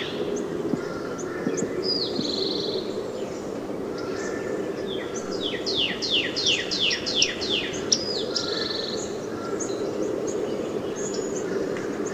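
Northern cardinal song: a rapid string of falling whistled notes midway, with scattered softer chirps around it.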